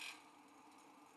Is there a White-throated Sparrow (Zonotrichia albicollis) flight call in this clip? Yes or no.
no